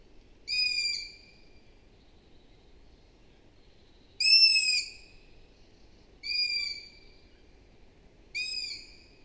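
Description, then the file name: Long-eared owl giving four high, squeaky, harsh calls with pauses between them over a quiet background. "Hibou moyen-duc - Asio otus"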